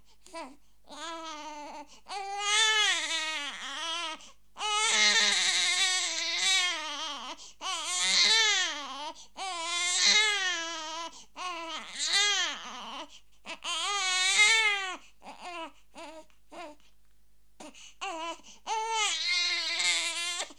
Angry baby crying sound effect.